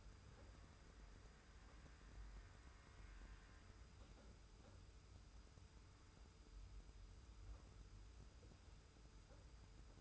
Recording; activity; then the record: daily activity, microphone in the room; wipe stove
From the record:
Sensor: 2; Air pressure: 991.4 hPa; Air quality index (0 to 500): 155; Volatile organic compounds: 549 ppm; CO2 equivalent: 4881 ppm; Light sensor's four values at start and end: 38/110/43/41 and 38/110/43/41